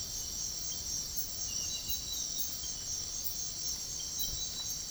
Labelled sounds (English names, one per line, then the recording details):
none
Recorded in secondary vegetation near Puerto Asís, Putumayo, Colombia, on 24 March 2025 at 04:30
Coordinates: 0.489, -76.322
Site G042